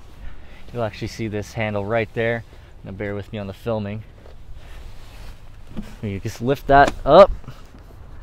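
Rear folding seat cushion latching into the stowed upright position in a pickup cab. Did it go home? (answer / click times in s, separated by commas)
no / none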